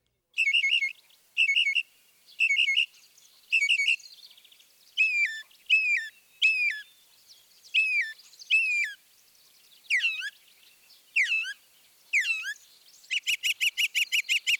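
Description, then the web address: Northern mockingbird song of repeated phrases in sets of three or four: buzzy notes, sharp slurs and swooping whistles, closing with a rapid chattering series. Mimicry. "Birding by Ear, Eastern and Central North America - Peterson Guides. Northern Mockingbird"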